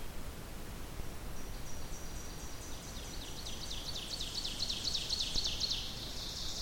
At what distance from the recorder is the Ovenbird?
about 75 m